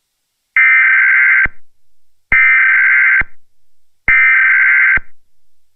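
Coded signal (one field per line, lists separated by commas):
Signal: Emergency Alert System (SAME) tones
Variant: header bursts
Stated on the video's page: EAS SAME tones in an old unfinished fictional scenario, simulated.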